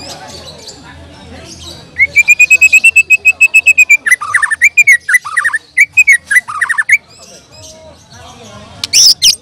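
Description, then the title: Bird song opening with a rapid, even series of clear notes, then bright chirps in a jerky series, ending in a sharp high squeal. "Kicau Burung"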